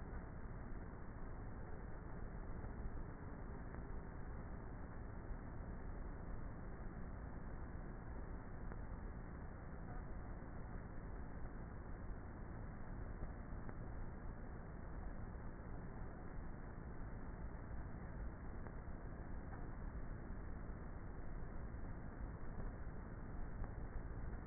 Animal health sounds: honeybee colony, microphone inside the hive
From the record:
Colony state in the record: queenless with a low population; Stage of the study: before two queens were removed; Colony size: about 30,000 bees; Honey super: no

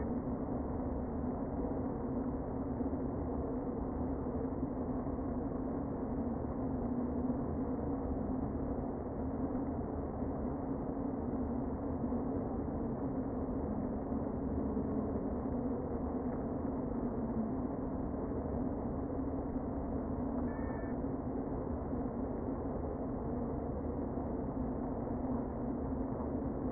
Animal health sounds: honeybee colony, microphone inside the hive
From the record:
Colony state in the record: queen present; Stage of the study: before two queens were removed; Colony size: about 60,000 bees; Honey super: yes

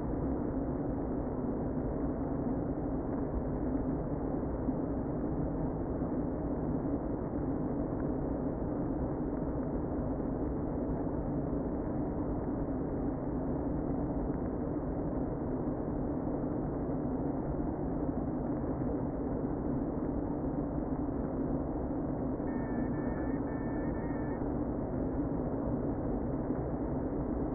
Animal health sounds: honeybee colony, microphone inside the hive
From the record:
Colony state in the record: queen present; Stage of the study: before two queens were removed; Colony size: about 60,000 bees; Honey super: yes

